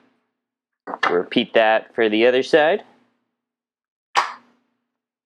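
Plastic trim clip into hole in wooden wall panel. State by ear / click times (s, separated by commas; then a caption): not seated / none. A plastic trim clip is handled at its drilled hole in a wooden van wall panel while someone talks, followed near 4.2 s by a short, bright handling noise. Nothing has seated or clicked yet; the clip is not home.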